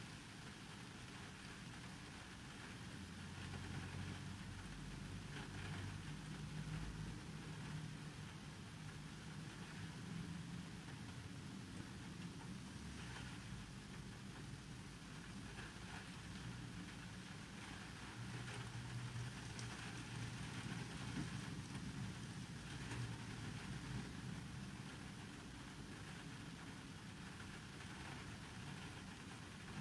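Heavy rain on an empty car interior: a dense, steady patter over a low engine-like hum, with brief brighter drips throughout.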